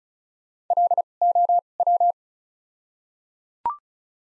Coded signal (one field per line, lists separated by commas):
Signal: Morse code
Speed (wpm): 36 wpm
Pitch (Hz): 700 Hz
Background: none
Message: L O W